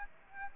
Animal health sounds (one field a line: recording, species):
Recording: mosquito wingbeat signal from an infrared sensor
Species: Aedes aegypti